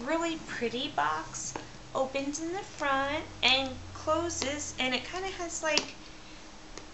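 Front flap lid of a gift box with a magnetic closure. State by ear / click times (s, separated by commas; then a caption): seated / 6.8 s. A cardboard gift box's front-opening flap lid with a magnetic closure is closed while someone talks. Its magnetic closure snaps shut with a short, sharp pop at 6.8 s, and the lid stays closed.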